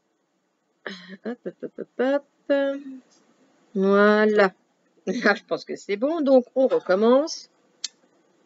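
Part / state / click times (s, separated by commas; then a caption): rotating cutter head reaching the detent stop on a badge cutting tool / seated / 7.9 s. On the second attempt, the cutter head of a badge cutting tool is turned again until it reaches its small detent stop, with someone talking through most of the clip. A sharp, brief click at 7.8 seconds marks the cutter head seating against the stop, and the stop is reached.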